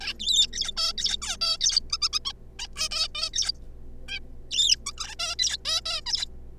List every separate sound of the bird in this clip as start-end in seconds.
0.01-0.13, 0.19-0.47, 0.53-0.72, 0.77-0.93, 0.98-1.16, 1.22-1.36, 1.41-1.57, 1.61-1.80, 1.90-1.97, 2.02-2.08, 2.13-2.19, 2.25-2.32, 2.59-2.66, 2.76-2.88, 2.91-3.08, 3.15-3.29, 3.33-3.52, 4.08-4.19, 4.51-4.76, 4.86-4.91, 4.97-5.15, 5.19-5.35, 5.39-5.57, 5.65-5.81, 5.85-6.01, 6.06-6.25